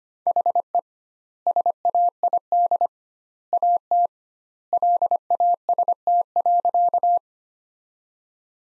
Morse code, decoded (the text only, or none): HE SAID AT LAST.